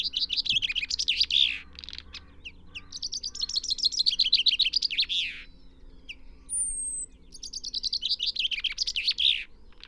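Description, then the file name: Common chaffinch song: several quick descending trill phrases ending in flourishes, with short chips between them and a brief high thin whistle before the last phrase. "Fringilla coelebs"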